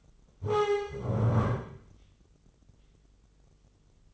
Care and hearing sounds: daily activity, microphone in the room; stand up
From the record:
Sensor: 4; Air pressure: 996.7 hPa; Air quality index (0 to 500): 241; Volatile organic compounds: 346 ppm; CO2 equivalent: 4575 ppm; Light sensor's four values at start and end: 46/114/47/47 and 46/113/47/46

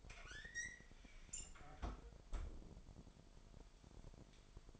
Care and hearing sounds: daily activity, microphone in the room; close fridge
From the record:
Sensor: 5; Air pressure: 1002.0 hPa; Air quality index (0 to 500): 224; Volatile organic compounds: 28 ppm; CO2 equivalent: 2915 ppm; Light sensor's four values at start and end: 10/24/10/11 and 9/21/9/10

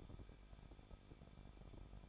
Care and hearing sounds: daily activity, microphone in the room; no activity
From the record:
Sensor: 5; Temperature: 20.7 degrees Celsius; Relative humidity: 38.5%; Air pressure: 1006.5 hPa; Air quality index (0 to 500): 191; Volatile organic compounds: 20 ppm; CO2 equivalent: 2691 ppm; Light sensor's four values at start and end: 2/3/1/1 and 2/3/1/1

